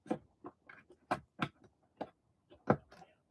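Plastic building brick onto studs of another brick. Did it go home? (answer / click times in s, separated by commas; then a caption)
no / none. A plastic LEGO brick is pressed onto the studs of another brick in a different spot, producing a series of short, sharp plastic taps and knocks at about 0.1, 0.5, 1.1, 1.4, 2.0 and 2.7 seconds. The piece still won't snap into place because it is slightly off-centered, so nothing has seated or clicked yet.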